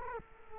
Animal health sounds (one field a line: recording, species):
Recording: mosquito wingbeat signal from an infrared sensor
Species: Culex quinquefasciatus